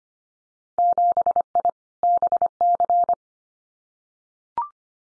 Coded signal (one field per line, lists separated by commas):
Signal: Morse code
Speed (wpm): 25 wpm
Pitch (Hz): 700 Hz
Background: none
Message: 7I BC